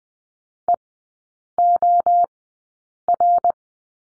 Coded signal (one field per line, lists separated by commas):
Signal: Morse code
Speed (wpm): 20 wpm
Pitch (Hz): 700 Hz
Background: none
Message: EOR